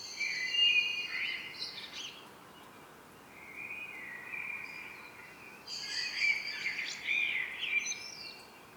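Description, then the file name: Common blackbird song, three warbled phrases, the first and last with shrill high twittering notes layered above. "Turdus merula"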